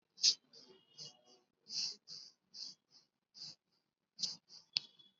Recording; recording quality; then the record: shallow breathing; excellent, no background noise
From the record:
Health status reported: COVID-19 positive, mild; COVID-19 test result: positive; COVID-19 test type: RT-PCR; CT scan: not taken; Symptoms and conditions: cough, fever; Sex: female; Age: 65 years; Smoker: no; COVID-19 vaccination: both doses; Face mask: worn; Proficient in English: yes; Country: India